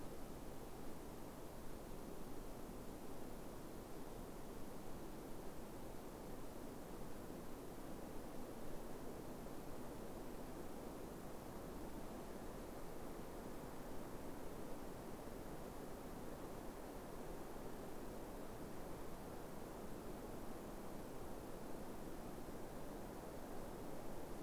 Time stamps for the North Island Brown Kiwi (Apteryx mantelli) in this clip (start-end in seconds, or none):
none